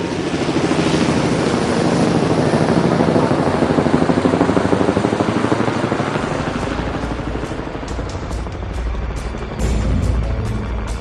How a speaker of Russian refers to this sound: Огромные туши военных вертолетов с шумом зависли над крышами торгового дома «Сомерсет и сыновья».